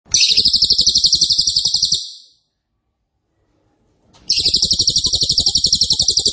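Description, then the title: Cililin song: two loud, dense, high trills of rapid pulses, separated by a silent pause. Loud, dense rapid-fire song style ('nembak keras dan rapat') used as a favourite masteran training recording for oriental magpie-robin, leafbird and white-rumped shama. "Cililin NEMBAK KERAS dan RAPAT masteran murai batu cucak ijo dan kacer"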